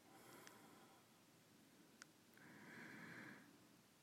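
Snoring from a sleeping adult man, at night in a quiet room.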